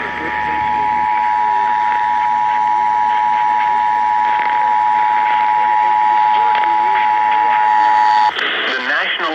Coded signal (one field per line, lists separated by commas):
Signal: Emergency Alert System (SAME) tones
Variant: 853 and 960 Hz attention tone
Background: speech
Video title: TIME FOR SOME LATE NIGHT STORMS! Broadcast Radio EAS: Flash Flood Warning (EAS #424)